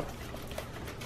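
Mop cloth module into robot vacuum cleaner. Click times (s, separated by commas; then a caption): 0.5 s, 0.6 s. A damp mop cloth module is pushed down onto the underside of a Proscenic 790T WiFi robot vacuum over a steady broadband background hiss. Two short clicks at 0.5 s and 0.6 s mark the module locking into place, seated.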